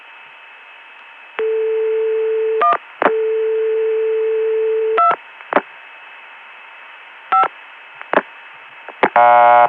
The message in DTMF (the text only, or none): 1 2 5